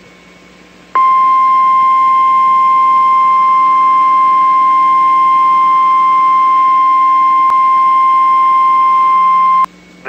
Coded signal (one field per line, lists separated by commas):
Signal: Emergency Alert System (SAME) tones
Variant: 1050 Hz attention tone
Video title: NOAA EAS TORNADO WARNING 2/16/21